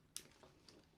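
A limb piece is pressed into the body of a GX-71 Soul of Chogokin Voltron robot figure and locks in with a sharp click at 0.2 s. Two fainter taps follow at about 0.4 s and 0.7 s, and the piece is seated.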